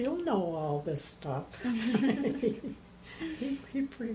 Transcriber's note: laughter